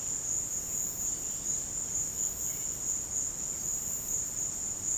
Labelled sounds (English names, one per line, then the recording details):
none
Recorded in pastures near Puerto Asís, Putumayo, Colombia, on 22 June 2025 at 15:30
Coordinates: 0.496, -76.326
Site GP01